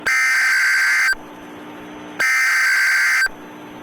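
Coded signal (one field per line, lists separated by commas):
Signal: Emergency Alert System (SAME) tones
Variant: header bursts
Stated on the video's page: Fictional EAS scenario.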